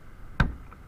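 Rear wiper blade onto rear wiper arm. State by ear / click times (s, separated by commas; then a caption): seated / 0.4 s. On a Kia Soul, the plastic connector of a Bosch H281 rear wiper blade is pushed all the way onto the rear wiper arm hook. A sharp click at 0.4 s marks it locking in place, followed by a much fainter tick at about 0.7 s. The blade is seated on the arm.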